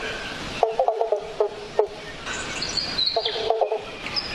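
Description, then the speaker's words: Pobblebonk frog calls, short hollow plucked notes in two quick series, with fainter higher chirps and steady background noise. Played back on radio. "Do you know, I think that's actually one of the most beautiful sounds in nature, the pobblebonk frog."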